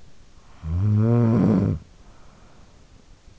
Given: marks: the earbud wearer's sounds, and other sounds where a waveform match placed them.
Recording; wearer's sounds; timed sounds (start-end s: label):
sounds in sleep by an in-ear microphone; snoring breath
0.13-3.23 s: snoring breath